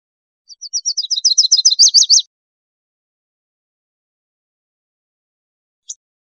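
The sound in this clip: Louisiana waterthrush song, a series of high sharp chips growing louder over about two seconds, then one brief high note after a pause.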